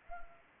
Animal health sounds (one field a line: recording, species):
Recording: mosquito wingbeat signal from an infrared sensor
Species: Anopheles arabiensis